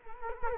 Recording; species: mosquito wingbeat signal from an infrared sensor; Culex quinquefasciatus